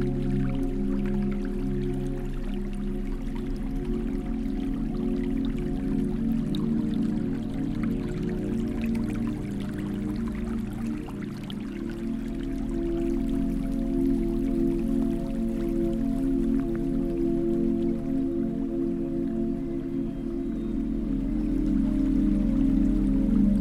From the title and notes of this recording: Flowing relaxing river sounds and harmonious 432Hz tunes. The melodic flow of waters intertwines with harmonious 432Hz tunes.